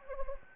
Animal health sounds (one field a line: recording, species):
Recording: mosquito wingbeat signal from an infrared sensor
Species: Anopheles gambiae